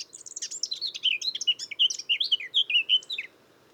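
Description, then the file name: Eurasian blackcap song: rushed scratchy twittering that settles into a run of clear, fluty whistled notes before stopping. "Sylvia atricapilla"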